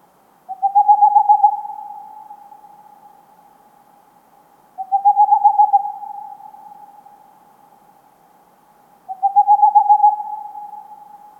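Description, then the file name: Tengmalm's owl song: three bursts of fast, steady hoots, roughly four seconds apart, each followed by a drawn-out fading ring. "Digiffects Sound Effects Library - Tengmalms Owl"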